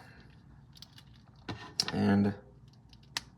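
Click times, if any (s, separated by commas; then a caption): 3.2 s. A smiley-face head sculpt is pushed onto the plastic neck joint peg of an S.H. Figuarts Indiana Jones (Raiders of the Lost Ark) action figure while someone talks, with faint small clicks and handling noise throughout. A sharp snap at 3.2 s marks the head seating onto the neck peg, and it is confirmed on.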